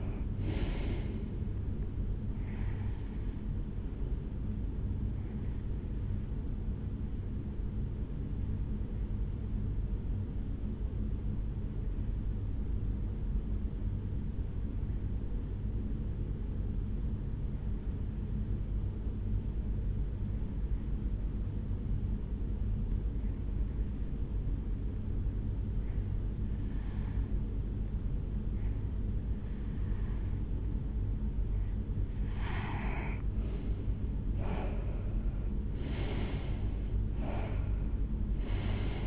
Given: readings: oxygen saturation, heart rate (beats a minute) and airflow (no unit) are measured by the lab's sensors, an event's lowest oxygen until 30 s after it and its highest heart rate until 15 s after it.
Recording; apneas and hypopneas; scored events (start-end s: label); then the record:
breathing in sleep by a smartphone at the bedside; 1
9.00-34.80 s: hypopnea (REM, oxygen 96% highest, then 89% lowest, heart rate 60 at the start, 80 highest)
From the record:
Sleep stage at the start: REM sleep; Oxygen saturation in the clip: 88 to 96%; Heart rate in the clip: 55 to 80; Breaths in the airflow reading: 7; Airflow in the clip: -8.9 to 8.3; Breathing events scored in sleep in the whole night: 449 in 7.0 hours asleep